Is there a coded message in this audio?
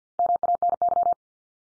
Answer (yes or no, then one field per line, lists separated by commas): yes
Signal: Morse code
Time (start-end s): 0.2-1.1 s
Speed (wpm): 50 wpm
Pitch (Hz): 700 Hz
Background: none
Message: MANY